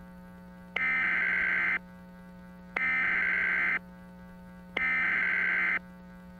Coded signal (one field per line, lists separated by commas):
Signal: Emergency Alert System (SAME) tones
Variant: header bursts